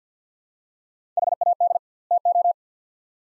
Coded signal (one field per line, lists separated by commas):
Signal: Morse code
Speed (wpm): 50 wpm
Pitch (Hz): 700 Hz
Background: none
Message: HAD TO